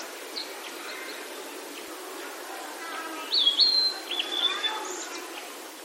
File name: oruri